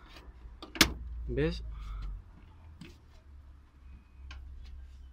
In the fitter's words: Hace como un clic.